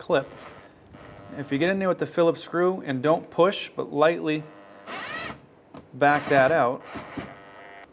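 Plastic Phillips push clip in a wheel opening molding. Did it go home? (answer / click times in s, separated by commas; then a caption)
no / 5.8 s. Someone talks while a Phillips screwdriver lightly turns the plastic Phillips screw-type push clip holding the front of the wheel opening molding on a 2007-2015 Mazda CX-9. A short faint click comes at 5.8 s, and the screw in the clip spins because it is stripped out.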